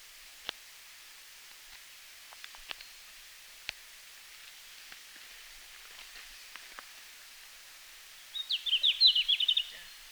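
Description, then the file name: Red-flanked bluetail: after several seconds of near-silence with scattered clicks, a red-flanked bluetail delivers one short, fast warbling phrase of high notes. Recorded in Finland on 17 June 2019 at 17:00. "Robin à flancs roux-20190617-1700-Finlande"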